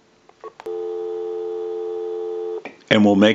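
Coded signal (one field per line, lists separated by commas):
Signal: telephone call progress tone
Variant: North America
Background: speech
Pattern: dial tone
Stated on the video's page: Heard on a Western Electric 202 rotary dial telephone with bell box during initial checkout after repair and conversion.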